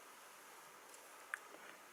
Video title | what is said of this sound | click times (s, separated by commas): OO/4mm - Surface mount NEM Pockets | go. That fits nicely as well. Nice and tight. Positive click. | 1.3 s